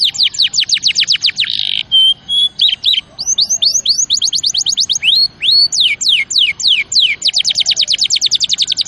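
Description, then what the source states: Canary pouring out rapid downslurred notes, a buzzy burst, a thin whistle, then varied sweeping phrases and a fast closing trill. Champion canary song used as master recording for training other birds.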